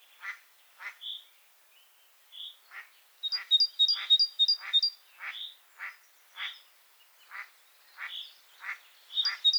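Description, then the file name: Great tit song, a brief run of high two-note phrases amid a steady series of harsh, nasal, chattering notes, with another short phrase at the end. "Parus major"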